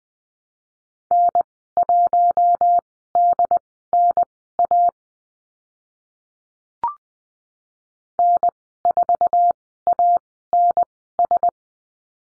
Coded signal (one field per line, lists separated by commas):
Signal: Morse code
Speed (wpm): 20 wpm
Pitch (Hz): 700 Hz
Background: none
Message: N1DNA N4ANS